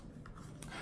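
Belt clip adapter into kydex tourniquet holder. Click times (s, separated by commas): 0.6 s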